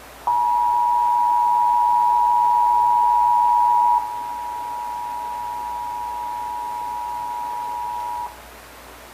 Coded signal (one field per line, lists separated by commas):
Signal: Emergency Alert System (SAME) tones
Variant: 853 and 960 Hz attention tone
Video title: (EAS #1,091-1,098) August 2026 Texas Required Monthly Test